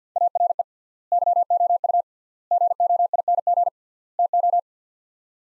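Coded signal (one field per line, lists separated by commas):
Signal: Morse code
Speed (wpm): 50 wpm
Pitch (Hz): 700 Hz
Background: none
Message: ARE YOU GOING TO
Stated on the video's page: Morse practice at 50 wpm, sets of four words with 3x word spacing, a word-based Farnsworth-like method.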